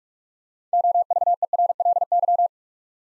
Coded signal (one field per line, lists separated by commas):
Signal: Morse code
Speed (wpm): 44 wpm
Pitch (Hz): 700 Hz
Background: none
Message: OVERLY